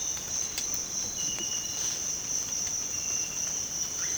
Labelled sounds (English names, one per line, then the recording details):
none
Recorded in dense forest near Puerto Asís, Putumayo, Colombia, on 8 March 2025 at 06:30
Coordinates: 0.486, -76.317
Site G053